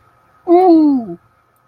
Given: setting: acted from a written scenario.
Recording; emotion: vocal sound without words; awe